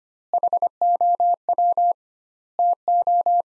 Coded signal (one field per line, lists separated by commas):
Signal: Morse code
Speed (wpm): 25 wpm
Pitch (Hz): 700 Hz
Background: none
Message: HOW TO